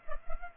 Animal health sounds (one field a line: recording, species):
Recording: mosquito wingbeat signal from an infrared sensor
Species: Culex pipiens